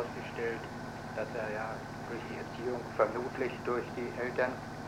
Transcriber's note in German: none